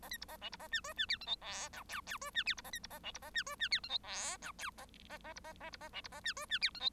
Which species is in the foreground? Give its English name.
Bengalese Finch